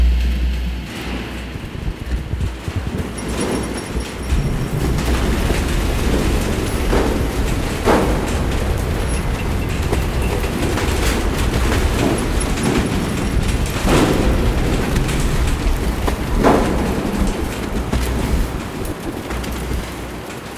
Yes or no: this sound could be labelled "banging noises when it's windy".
yes